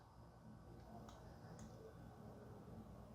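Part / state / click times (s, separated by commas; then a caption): action figure armor piece onto the figure's leg / seated / 1.1 s, 1.6 s. A plastic and die-cast armor piece is fitted near the knee onto the leg of a Cyclops Gigant Cloth Myth EX action figure. Two faint click hits sound at 1.1 and 1.6 seconds over low background noise. The armor piece snaps directly into place and is seated.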